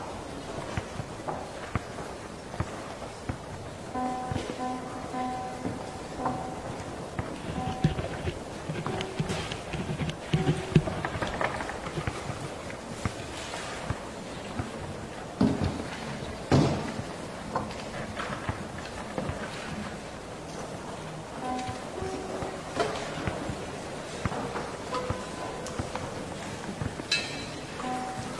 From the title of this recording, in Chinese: 放学后的教室